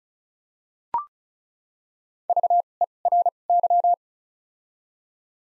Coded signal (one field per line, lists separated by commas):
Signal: Morse code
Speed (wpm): 36 wpm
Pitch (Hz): 700 Hz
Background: none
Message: V E R Y